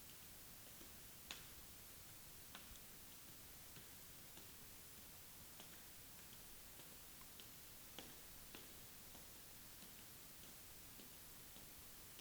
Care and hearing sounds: daily activity, guitar pickup as the sensor; walk

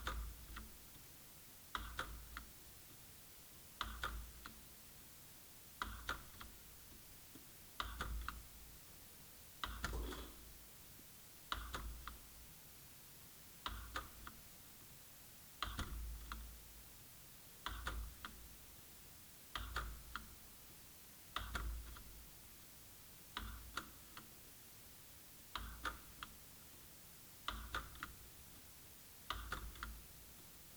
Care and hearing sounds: daily activity, guitar pickup as the sensor; manipulate door

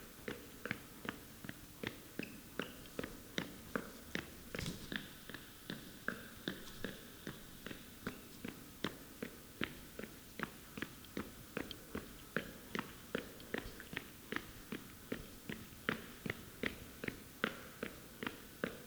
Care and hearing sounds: daily activity, guitar pickup as the sensor; run

